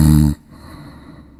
Snoring.